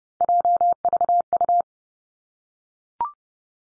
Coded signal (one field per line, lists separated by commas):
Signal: Morse code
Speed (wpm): 30 wpm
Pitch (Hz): 700 Hz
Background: none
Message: JVU